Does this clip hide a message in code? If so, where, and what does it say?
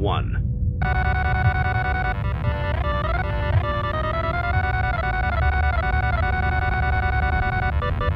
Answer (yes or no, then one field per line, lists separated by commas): no